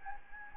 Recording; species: mosquito wingbeat signal from an infrared sensor; Anopheles gambiae